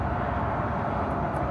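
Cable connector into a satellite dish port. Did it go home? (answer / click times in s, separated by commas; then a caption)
no / none. A lettered cable connector is matched and lined up with its lettered port on a satellite dish, A to A, before being pushed in and turned. A steady, even broadband rumble like passing vehicle noise fills the whole clip, with no sharp sounds. Nothing has seated or clicked yet.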